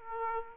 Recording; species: mosquito wingbeat signal from an infrared sensor; Aedes aegypti